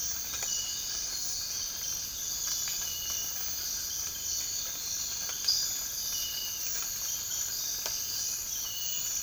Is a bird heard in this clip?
no